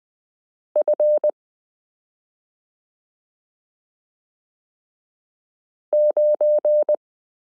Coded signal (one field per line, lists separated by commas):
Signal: Morse code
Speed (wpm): 20 wpm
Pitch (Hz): 600 Hz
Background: none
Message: F9